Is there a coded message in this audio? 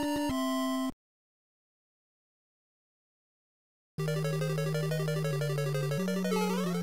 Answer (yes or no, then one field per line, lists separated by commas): no